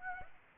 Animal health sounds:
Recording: mosquito wingbeat signal from an infrared sensor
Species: Aedes aegypti

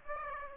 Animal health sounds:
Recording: mosquito wingbeat signal from an infrared sensor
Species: Aedes aegypti

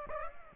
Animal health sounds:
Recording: mosquito wingbeat signal from an infrared sensor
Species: Aedes aegypti

